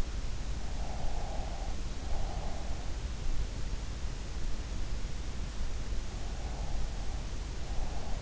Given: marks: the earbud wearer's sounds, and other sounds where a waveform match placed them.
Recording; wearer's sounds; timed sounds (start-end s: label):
sounds in sleep by an in-ear microphone; breath
0.85-2.60 s: breath
6.44-8.22 s: breath